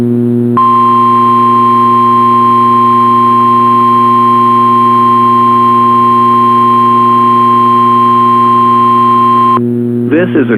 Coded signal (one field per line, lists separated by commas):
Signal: Emergency Alert System (SAME) tones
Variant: 1050 Hz attention tone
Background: speech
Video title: CRP Required Weekly Test on WXK26 (EAS 464) - 04/06/2022